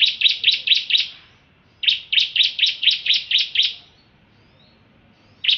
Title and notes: Suara Kicau Burung Prenjak Lengkap dan Ngerol